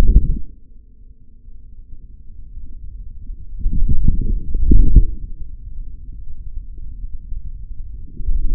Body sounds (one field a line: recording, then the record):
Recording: forearm muscle sounds (acoustic myography)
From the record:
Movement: forearm pronation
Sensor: system 3, bracelet of six PUI Audio POM-2738L microphones around the upper forearm, with dedicated amplification and filtering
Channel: 1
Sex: male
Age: 26 years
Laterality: right